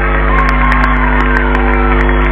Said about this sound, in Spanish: Y también un fuerte aplauso a los amigos del sonido y las luces, que han hecho un gran trabajo por todos nosotros y que siempre nos acompañan, nos reciben con lo mejor.